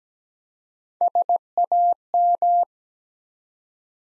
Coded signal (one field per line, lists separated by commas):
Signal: Morse code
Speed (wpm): 17 wpm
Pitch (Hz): 700 Hz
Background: none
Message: SAM